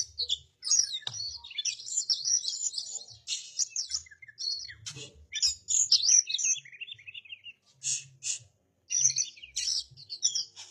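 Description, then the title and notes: Oriental magpie-robin song, a rapid varied stream of high chirps, whistles and trills with brief pauses. "suara kacer. kumpulan suara burung kacer"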